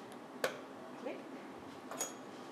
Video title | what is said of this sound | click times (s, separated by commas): 1-Level prodisc C Vivo Cervical Total Disc Replacement Implantation w/ Dr Mehren - Disc Arthroplasty | you hear the click so the implant is hold in a parallel way | 0.4 s